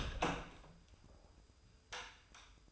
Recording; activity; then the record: daily activity, microphone in the room; open door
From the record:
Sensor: 2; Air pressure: 996.0 hPa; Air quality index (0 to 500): 41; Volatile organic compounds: 1 ppm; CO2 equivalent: 732 ppm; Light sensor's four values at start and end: 11/27/11/12 and 11/27/11/12